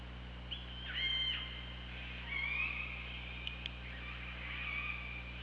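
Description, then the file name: Killer whale calls: several tonal, rising and falling whistle-like calls with harmonics, over a steady low underwater hum and a few clicks. Recorded on the OrcaLab hydrophone, 24 August 2017, 15:25. "Orca Lab UTLN JASON 20170824 152509"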